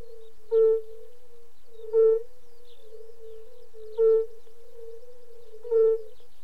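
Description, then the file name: European fire-bellied toad: four short, soft hooting notes at steady intervals of roughly one and a half to two seconds, backed by a humming chorus of other toads. "klokkefrø"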